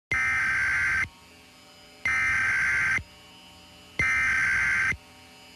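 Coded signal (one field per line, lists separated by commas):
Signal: Emergency Alert System (SAME) tones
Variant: header bursts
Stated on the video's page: Fictional EAS broadcast in an audio drama, with sound design created for the episode.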